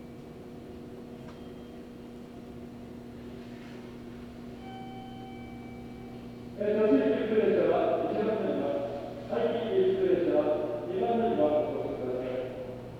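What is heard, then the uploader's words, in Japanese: A steady low hum of the Sasebo Line train between Arita and Kitakata runs throughout, with faint high whining tones. From about 6.5 seconds a man's voice speaks over it, pausing briefly near 9 seconds, then continuing to the end. 音の旅 佐世保線 有田→北方。普通列車鳥栖行きに乗車します。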